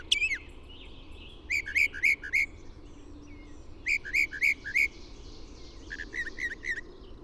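Bird song, fairly soft: small groups of three or four quick, high, clipped notes separated by pauses of a second or more.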